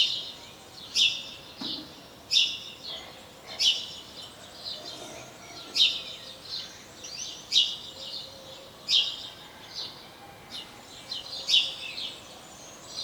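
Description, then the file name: House sparrow chirping, loud emphatic notes every second or two amid continuous softer chatter. "Passer domesticus"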